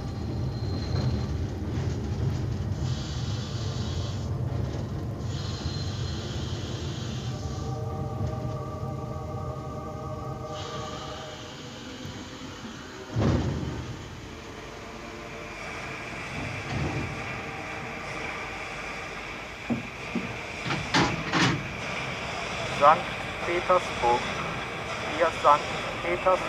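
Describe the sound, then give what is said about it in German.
A train rumbles along steadily, then slows with high, whining brake squeals and a sharp clunk as it arrives at the Warsaw Station terminus in St. Petersburg in 1904, settling into station bustle with scattered clicks and knocks and faint voices. “Warschauer Bahnhof, Endstation, alles aussteigen.”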